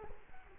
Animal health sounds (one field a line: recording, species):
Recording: mosquito wingbeat signal from an infrared sensor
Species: Culex quinquefasciatus